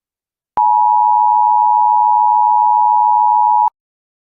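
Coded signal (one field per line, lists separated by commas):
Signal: Emergency Alert System (SAME) tones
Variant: 853 and 960 Hz attention tone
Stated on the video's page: Fictional EAS alert about atomic fallout, a made-up scenario rather than a real broadcast.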